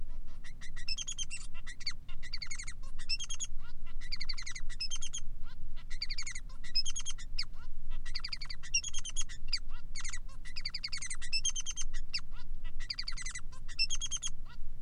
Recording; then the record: song of a male Bengalese finch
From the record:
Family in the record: son of father 3